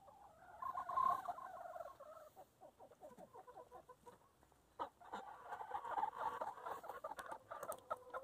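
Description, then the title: Chickens clucking, a loud burst of calls early, a quieter stretch, then renewed overlapping clucking. Chickens in their coop. "In the chicken coop - A csirkeólban"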